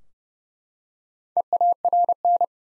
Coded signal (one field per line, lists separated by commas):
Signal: Morse code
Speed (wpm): 30 wpm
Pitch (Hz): 700 Hz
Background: none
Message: EARN